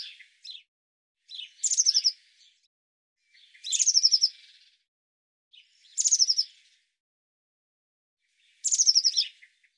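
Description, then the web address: Eurasian blue tit with high, buzzy scolding churrs, each opened by a brief thin note, repeated every two to three seconds with faint short notes between. "cianscape birddata Deverinetal 2025 File cleaned normalized Bird Cy Ca"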